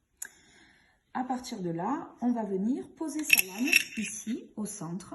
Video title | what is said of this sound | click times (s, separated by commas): utiliser un microscope en minéralogie | l'objectif le plus petit le rouge et comme d'habitude avec le bruit qu'il soit bien enclenchée | 0.2 s